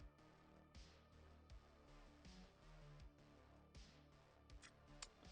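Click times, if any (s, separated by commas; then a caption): 5.0 s. Music plays throughout while a plastic LEGO piece is pressed onto a LEGO Rivendell brick model. After a struggle, the piece seats with a sharp snap at 5.0 s, finally snapping into place.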